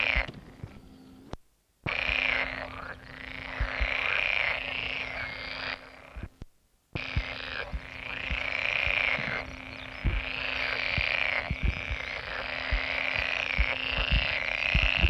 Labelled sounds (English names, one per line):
Pool Frog call